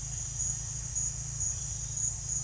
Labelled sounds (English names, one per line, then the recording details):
none
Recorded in secondary vegetation near Puerto Asís, Putumayo, Colombia, on 24 June 2025 at 16:30
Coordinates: 0.498, -76.327
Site GP09